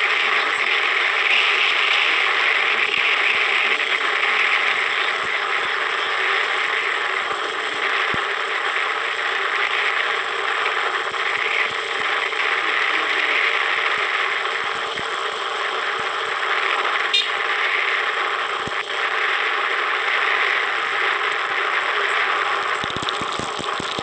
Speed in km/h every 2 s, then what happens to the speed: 47, 46, 41, 38, 38, 39, 40, 39, 38, 37, 34, 26.
0-6 slows to 38. 6-18 steady at about 38. 18-24 slows to 26.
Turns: none.